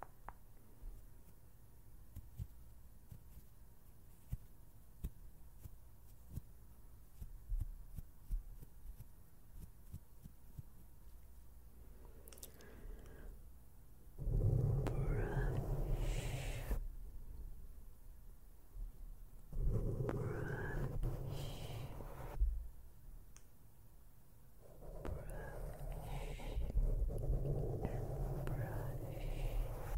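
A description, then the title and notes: Soft brushing against a microphone comes in slow swishing bursts after a quiet start, around 14, 20 and 25 seconds, each lasting a few seconds. The first twelve seconds hold only a low steady hum with faint light ticks. BRUSHING YOUR FACE.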